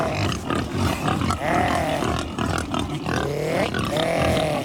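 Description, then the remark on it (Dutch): Several Iberian black pigs (pata negra), dark grey with black legs, in southern Spain grunt and squeal continuously, with rising, wavering squeals cutting through a dense layer of low, rough grunting, loud throughout with no talking. “Deze dieren hebben weinig te maken met die roze varkentjes die wij in Nederland kennen.”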